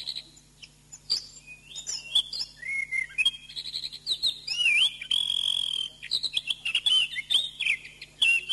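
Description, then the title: Oriental magpie-robin song with long sweet whistles that bend up and down, mixed with twittering and harsh buzzy bursts; a steady low hum underneath. "Kicau Kacer"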